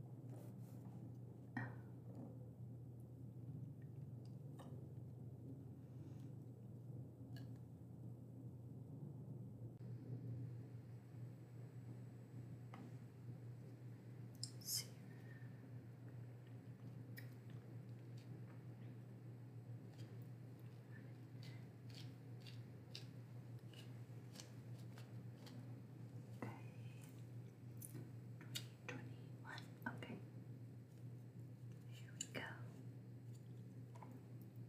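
Someone checks and prepares library books over a steady low hum, with scattered soft taps, rustles and brief bright clicks throughout.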